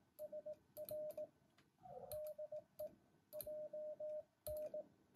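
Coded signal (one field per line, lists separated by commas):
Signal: Morse code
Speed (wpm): 18 wpm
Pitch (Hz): 610 Hz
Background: radio noise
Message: SR DE JN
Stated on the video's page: Morning amateur CW contact on 7 MHz by a beginner, sent with many keying errors and uncut.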